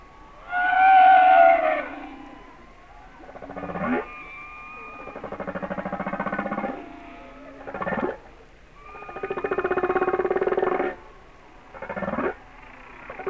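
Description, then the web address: Humpback whale song: rich harmonic moans alternate with rough, pulsed, buzzing units in a rhythmic, repeating series. "Whale Songs Sounds of Nature - Humpback Whales"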